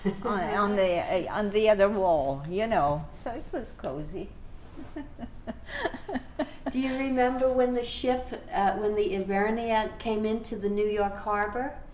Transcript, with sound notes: On the other wall, you know. So it was cozy. [Laughs]
Do you remember when the ship, when the Ivernia came into the New York Harbor?